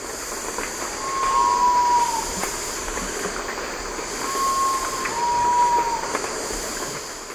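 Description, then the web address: Sapphire quail-dove call: a soft two-part whistled hoot, the second note slightly lower, given twice about three seconds apart over a loud, steady hiss. Eastern Lowlands of South America. "Natures Songs S America Eastern Lowlands. Sapphire Quail-Dove"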